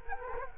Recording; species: mosquito wingbeat signal from an infrared sensor; Culex quinquefasciatus